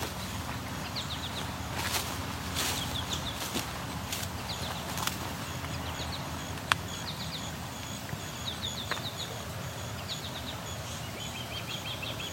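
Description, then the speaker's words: Osprey calls: short series of quick, high chirping whistles repeated in bursts throughout, with occasional clicks and a low steady background rumble. Osprey calling non-stop along a trail by the Grand River, Waterloo, Ontario. "And this osprey is making a non-stop call."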